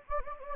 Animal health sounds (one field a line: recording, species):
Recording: mosquito wingbeat signal from an infrared sensor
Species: Anopheles gambiae